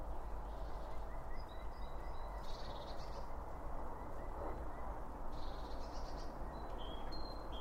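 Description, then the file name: Birds calling with high chirps and brief buzzy trills, joined by a run of softer repeated lower notes, over constant low background noise. Birds around a bird feeder, recorded with two Line Audio OM1 microphones. "Birds Around Birdfeeding With Two Om 1 From Line Audio"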